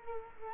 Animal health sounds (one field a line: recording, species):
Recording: mosquito wingbeat signal from an infrared sensor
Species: Culex quinquefasciatus